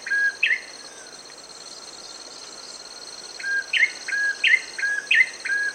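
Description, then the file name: Ashy tailorbird gives a rising double note, falls silent for about three seconds, then resumes the quick repeated series against a constant insect whine. "cinenen merah david edwards"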